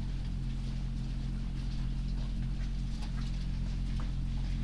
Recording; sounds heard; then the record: poultry house recording; sick chickens (respiratory disease)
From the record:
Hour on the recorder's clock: 1